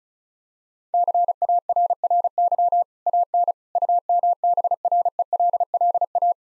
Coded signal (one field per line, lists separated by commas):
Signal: Morse code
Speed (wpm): 34 wpm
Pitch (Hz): 700 Hz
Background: none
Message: CARRY AN UMBRELLA